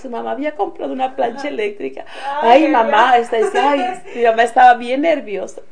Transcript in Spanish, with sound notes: Que su mamá había comprado una plancha eléctrica.
¡Ay, ay, ay! (risas)
decía. Mi mamá estaba bien nerviosa.